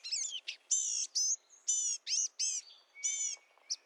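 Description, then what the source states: Blue-gray Gnatcatcher scolding: a series of several harsh, nasal, buzzy high notes separated by brief gaps. Common summer residents across much of the U.S. and Mexico; the scolding call is given while foraging in the forest canopy.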